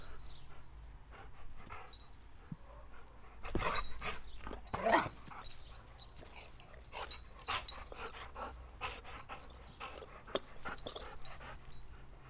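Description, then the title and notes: Dog panting and scuffling, with a louder burst in the middle, then quieter intermittent sounds. Domestic dog playing with its favourite ball during idle moments in summer. "Perro Jugando. Momentos muertos en verano para jugar con el perro y su pelota preferida"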